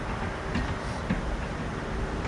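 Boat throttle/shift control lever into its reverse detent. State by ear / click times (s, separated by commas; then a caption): not seated / none. On a Glastron-Carlson CVX23 boat, after the shift cable is refitted with its cotter pin and adjusted with a 7/16 wrench, the remote control shift lever is pushed toward reverse to lock it into its detent. Under a steady, broadband rumbling background, only faint soft bumps rise around 0.6 s and 1.1 s. The lever has not locked or clicked into reverse, a failure put down to the cable adjustment.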